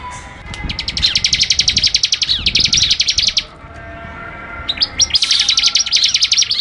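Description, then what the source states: Bar-winged prinia delivering long trills of fast, evenly pulsed high notes, a steady rattling run broken by a pause of about a second before resuming with another burst. Song in the ngebren style, a rapid song.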